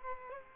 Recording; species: mosquito wingbeat signal from an infrared sensor; Culex quinquefasciatus